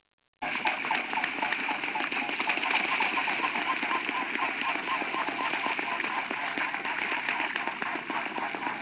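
Bird flock calling: a dense, unbroken chatter of many overlapping notes, starting abruptly after a brief silence and continuing throughout.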